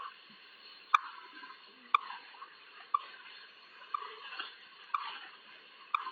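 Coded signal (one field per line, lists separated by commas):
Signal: radio time signal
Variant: WWVH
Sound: six crisp ticks, one every second, over steady shortwave hiss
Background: radio static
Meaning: Each tick marks the start of a second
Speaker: broadcasting on internationally allocated standard carrier frequencies of 2.5, 5, 10, and 15 megahertz, providing time of day, standard time interval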